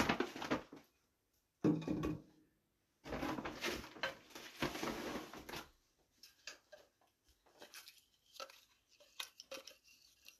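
Household sounds: loud bursts of rustling, crunching noise come in the first six seconds, broken by short silent gaps. After that the sound turns softer and sparser, with scattered crisp clicks and small crunches separated by quiet pauses.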